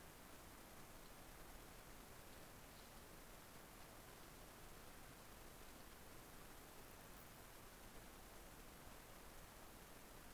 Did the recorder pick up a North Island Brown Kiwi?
no